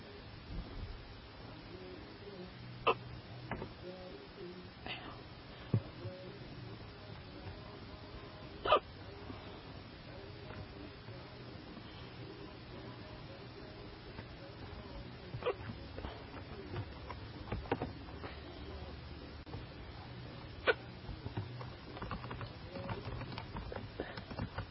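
About six sharp, abrupt gulping catches from an adult at irregular intervals over 25 seconds, consistent with hiccups.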